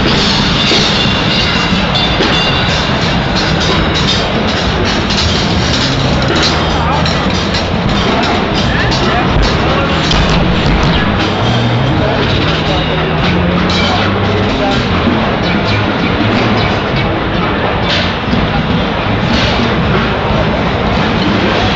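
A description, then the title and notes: A whole hall of drums and percussion played at once, blending into a dense, unbroken roar. Deep thuds churn underneath while countless quick hits and a hissy wash fill the top. The loudness holds steady for the full stretch, with no pauses. Every year, the National Association of Music Merchants holds its trade show at the Anaheim Convention Center in Anaheim, California. It features an entire hall of drum and percussion gear, all being played at once. The experience is something like being inside a jackhammer.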